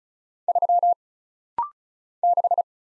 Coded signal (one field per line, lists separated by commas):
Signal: Morse code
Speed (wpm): 34 wpm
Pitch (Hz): 700 Hz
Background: none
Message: 3 6